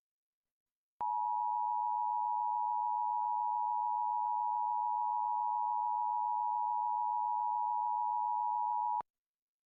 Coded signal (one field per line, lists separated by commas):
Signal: Emergency Alert System (SAME) tones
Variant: 853 and 960 Hz attention tone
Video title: PIX11 National Emergency Alert System Test 10/4/2023